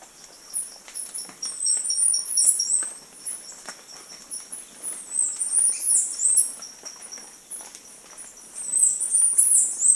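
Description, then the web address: Chestnut-capped brush finch uttering a busy string of very high, thin, twittering notes through most, with soft background hiss. Recorded in Ecuador, South America. "Natures Songs S America Birds of Ecuador Chestnut-capped Brush-Finch"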